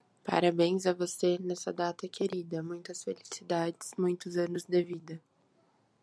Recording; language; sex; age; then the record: short text; Brazilian Portuguese; female; 20 to 29 years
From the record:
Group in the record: control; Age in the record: 23 years